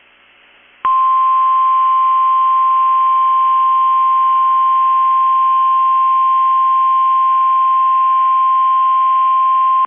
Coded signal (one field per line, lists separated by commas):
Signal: Emergency Alert System (SAME) tones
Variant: 1050 Hz attention tone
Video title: 7/12/23 - KEC65 Required Weekly Test (EAS #820)